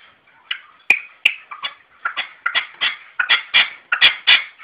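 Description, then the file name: Red-legged partridge harsh chuffing calls, a rapid series of grating notes repeated over and over. "perdiz roja-sonido"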